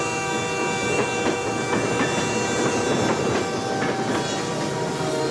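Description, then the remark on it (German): A train rumbles steadily along the Santa Fe Railway main line through Holcomb, its wheels clicking in a loose rhythmic pattern over a dense, continuous roar with faint high metallic squeals, and no voices present. “Eine planlose Ansammlung von Gebäuden, durch die quer hindurch die Hauptstrecke der Santa Fe-Eisenbahn verläuft.”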